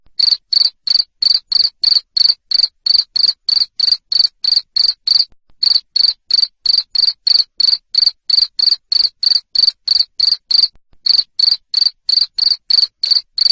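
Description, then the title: Cricket giving a continuous run of loud, high chirps roughly three a second, pausing briefly twice, otherwise unbroken and clean of background noise. Loud cricket chirping played to stimulate lovebirds into continuous singing. "Suara JANGKRIK NGERIK Keras Bikin LOVEBIRD Jadi NGEKEK Terus"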